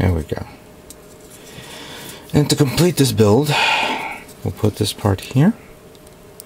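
A plastic part is handled over its mounting on a 1/100 scale model kit to finish the build while someone talks. Only small taps and handling noises are heard, and nothing has seated or clicked yet.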